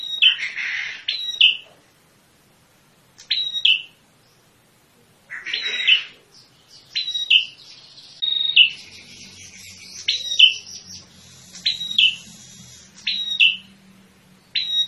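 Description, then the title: Prinia calls, short high clipped notes with a falling tail given in irregular bursts, some buzzy harsh notes mixed in, faint low hum in the background. Lure sound used for trapping birds; called prenjak kepala merah (red-headed prinia), described as original and melodious. "Suara Pikat Prenjak Kepala Merah Asli Merdu"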